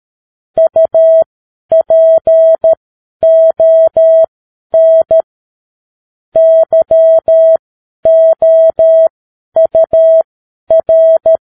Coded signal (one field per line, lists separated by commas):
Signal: Morse code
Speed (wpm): 13 wpm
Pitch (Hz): 650 Hz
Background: none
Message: UPON YOUR